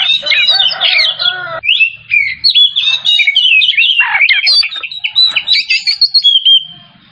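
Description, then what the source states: Oriental magpie-robin song of dense chattering and whistled phrases, some harsh and buzzy, ending in a sustained clear whistle as the sound fades. Kacer Tretes variety, singing vigorously in the gacor style.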